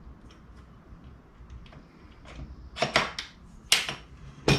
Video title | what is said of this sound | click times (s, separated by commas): 3-Cedars Rest Area /Wild Badger 4 in 1 Tool Product review | It locks into place. | 3.7 s